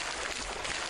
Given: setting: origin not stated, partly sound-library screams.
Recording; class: one-second piece from a danger detection set; normal situation